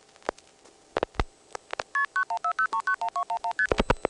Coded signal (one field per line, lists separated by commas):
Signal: multi-frequency trunk signalling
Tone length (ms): 90 ms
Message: KP9140391211ST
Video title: Dialing Those Mysterious "1xx" and "0xx" Codes, 1974-1980